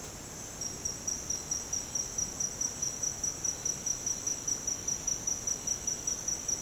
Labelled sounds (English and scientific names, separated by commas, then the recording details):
none
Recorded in dense forest near Puerto Asís, Putumayo, Colombia, on 13 March 2025 at 08:30
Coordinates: 0.486, -76.317
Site G053